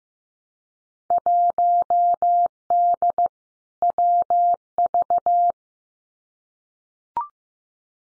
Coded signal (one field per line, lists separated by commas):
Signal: Morse code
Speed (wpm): 15 wpm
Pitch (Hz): 700 Hz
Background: none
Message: 1D WV